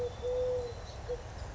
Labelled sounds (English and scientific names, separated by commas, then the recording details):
Eurasian Collared Dove (Streptopelia decaocto)
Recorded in Sonoma County, California